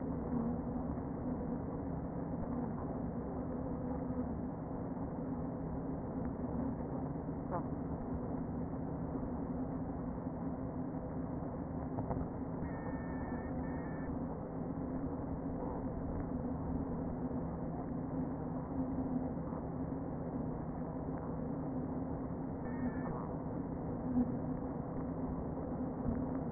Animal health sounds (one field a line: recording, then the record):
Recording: honeybee colony, microphone inside the hive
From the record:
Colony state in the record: queen present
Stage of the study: before two queens were removed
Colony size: about 60,000 bees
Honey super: yes